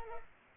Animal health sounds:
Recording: mosquito wingbeat signal from an infrared sensor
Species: Culex pipiens

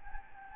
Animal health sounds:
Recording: mosquito wingbeat signal from an infrared sensor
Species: Anopheles gambiae

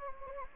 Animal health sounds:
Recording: mosquito wingbeat signal from an infrared sensor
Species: Anopheles gambiae

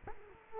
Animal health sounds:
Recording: mosquito wingbeat signal from an infrared sensor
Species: Culex quinquefasciatus

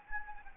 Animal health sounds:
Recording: mosquito wingbeat signal from an infrared sensor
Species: Anopheles gambiae

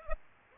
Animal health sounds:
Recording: mosquito wingbeat signal from an infrared sensor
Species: Aedes aegypti

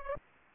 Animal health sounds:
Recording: mosquito wingbeat signal from an infrared sensor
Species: Culex pipiens

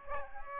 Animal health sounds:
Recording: mosquito wingbeat signal from an infrared sensor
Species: Aedes aegypti

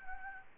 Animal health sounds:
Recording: mosquito wingbeat signal from an infrared sensor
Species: Aedes albopictus

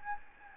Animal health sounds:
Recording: mosquito wingbeat signal from an infrared sensor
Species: Anopheles gambiae

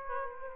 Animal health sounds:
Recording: mosquito wingbeat signal from an infrared sensor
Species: Aedes aegypti

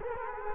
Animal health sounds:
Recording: mosquito wingbeat signal from an infrared sensor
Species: Culex quinquefasciatus

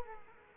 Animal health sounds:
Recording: mosquito wingbeat signal from an infrared sensor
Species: Culex quinquefasciatus

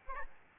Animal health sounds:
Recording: mosquito wingbeat signal from an infrared sensor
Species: Aedes albopictus

